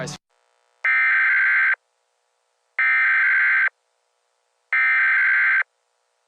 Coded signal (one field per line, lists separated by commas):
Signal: Emergency Alert System (SAME) tones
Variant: header bursts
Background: speech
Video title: abs-cbn eas